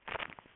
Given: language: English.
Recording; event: throat vibration sensor signal played as sound; swallow